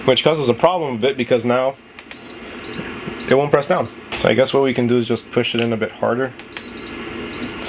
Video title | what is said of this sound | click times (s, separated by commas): HTVRont Auto Heatpress 1 Month Hands On Review | still not clicking in | none